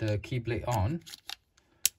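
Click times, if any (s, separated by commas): 1.9 s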